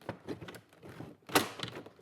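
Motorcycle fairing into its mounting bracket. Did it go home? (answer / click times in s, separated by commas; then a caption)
yes / 1.4 s. The main fairing unit of a 2024–2026 Street Glide is lined up with the bolt holes on the sides of the legs and the bottom mount, then pushed onto the bracket that was just installed. Light handling knocks and rustles come first, then a sharp click at 1.4 s, followed by a few softer taps. The fairing is seated in its mount.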